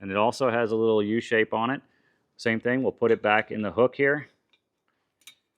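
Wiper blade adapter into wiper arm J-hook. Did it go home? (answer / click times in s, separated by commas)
yes / 5.3 s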